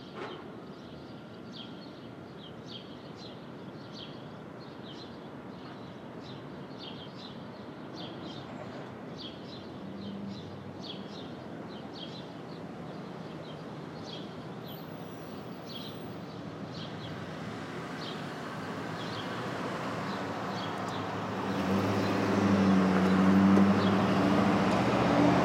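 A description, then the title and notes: A Brooklyn dawn: steady low city rumble under repeated bird chirps, swelling near the end as a vehicle roars past and masks them. Brooklyn Dawn. Street Traffic, Open Air II.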